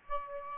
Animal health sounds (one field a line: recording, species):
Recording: mosquito wingbeat signal from an infrared sensor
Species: Aedes aegypti